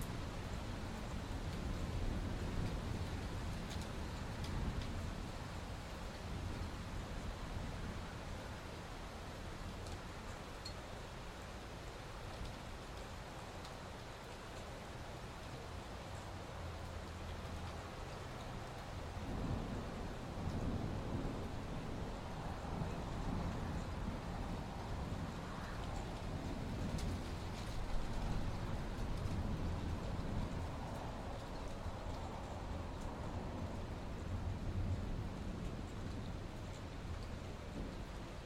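Wind roars steadily across open country, a dense low rumble that swells and eases in slow waves without ever dropping away. Gusts push harder around 3, 20 and 27 seconds, adding a brighter rushing hiss over the deep buffeting.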